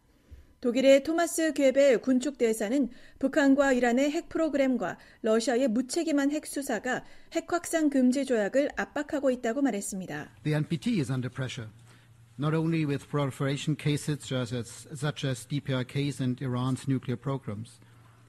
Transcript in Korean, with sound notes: 독일의 토마스 괴벨 군축대사는 북한과 이란의 핵 프로그램과 러시아의 무책임한 핵 수사가 핵확산금지조약을 압박하고 있다고 말했습니다.
[녹취: 괴벨 대사] “The NPT is under pressure – not only with proliferation cases such as DPRK’s and IRN’s nuclear programs: